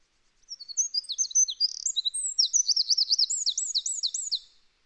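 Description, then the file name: Eurasian wren singing a vigorous, high-pitched outpouring of quick chattering notes and bouncing looped phrases for about four seconds before stopping. "Troglodytes troglodytes"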